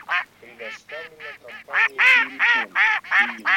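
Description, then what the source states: Mallard quacking, a rapid series of harsh nasal quacks about three per second, growing louder partway through. Mallard calls on a Plurifon mini chip 'Russia 20', made for an electronic decoy caller.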